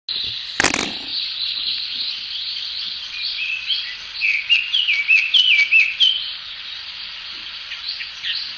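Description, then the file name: Chinese hwamei's whistled song: a sharp knock early on, then a run of slurred, ringing whistles in the middle before fading to quieter notes. Recorded on 1 May 2014. "ガビチョウ 遠藤"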